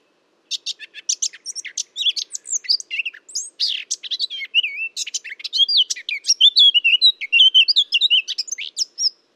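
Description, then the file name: Eurasian blackcap song: a fast chattering warble of scratchy notes and looping slurred phrases, running almost without a break. "Sylvia atricapilla"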